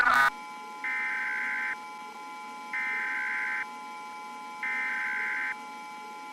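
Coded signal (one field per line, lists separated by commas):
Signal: Emergency Alert System (SAME) tones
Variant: header bursts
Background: speech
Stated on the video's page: This is a fictional alien-invasion EAS scenario.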